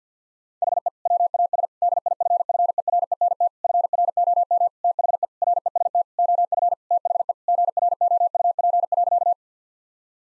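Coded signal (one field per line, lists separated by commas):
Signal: Morse code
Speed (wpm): 50 wpm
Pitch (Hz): 700 Hz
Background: none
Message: HE WAS DIFFERENT FROM THE REST OF THE GROUP.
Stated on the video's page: Morse code head-copy drill of sentences with common five-word phrases at 50 wpm, each sent, spoken, then sent again.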